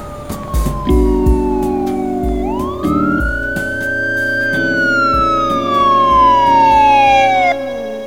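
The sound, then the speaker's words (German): A police car siren wails with a long tone that rises and falls, sweeping down low before climbing again, loud and steady over a rumbling engine with low horn-like blasts. “Sie sollten mich vorwarnen, ehe Sie mich mit einem Streifenwagen in Ihr Büro bringen lassen”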